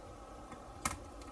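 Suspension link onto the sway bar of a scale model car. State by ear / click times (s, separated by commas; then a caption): seated / 0.9 s. A plastic sway bar link on a 1:8 scale 1961 Jaguar XK-E model car, made by Agora Models, is pressed onto the metal sway bar with its small arm facing inward. One sharp snap is heard at 0.9 s, and the link is seated in place.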